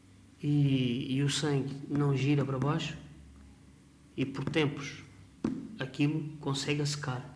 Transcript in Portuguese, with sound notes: e e o sangue não gira para baixo [pausa] e, por tempos, aquilo consegue a secar.